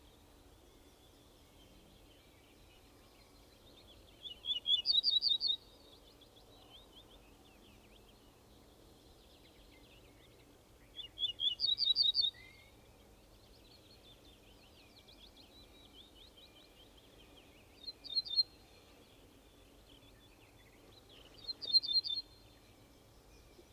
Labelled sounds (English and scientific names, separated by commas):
Ortolan Bunting (Emberiza hortulana)